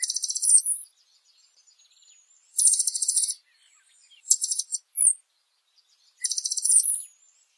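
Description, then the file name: Blue dacnis song: short bursts of rapid, thin, very high chipping notes, each under a second, separated by pauses, with one sharp downslurred note between phrases. "Canto do Sai azul"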